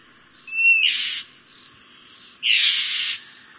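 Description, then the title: Oriental magpie-robin song opening with a thin level whistle that runs into a rasping burst, then a second harsh scratchy phrase about two seconds later. "Oriental Magpie-Robin (Copsychus saularis)"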